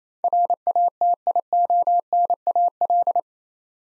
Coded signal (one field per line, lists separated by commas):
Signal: Morse code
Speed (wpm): 28 wpm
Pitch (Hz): 700 Hz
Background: none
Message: RATIONAL